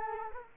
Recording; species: mosquito wingbeat signal from an infrared sensor; Culex quinquefasciatus